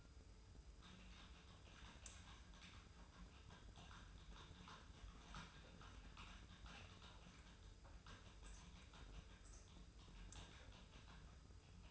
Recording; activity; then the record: daily activity, microphone in the room; typing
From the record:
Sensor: 2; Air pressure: 990.8 hPa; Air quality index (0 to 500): 144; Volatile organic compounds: 297 ppm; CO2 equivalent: 4474 ppm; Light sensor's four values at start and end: 27/67/26/28 and 27/68/27/28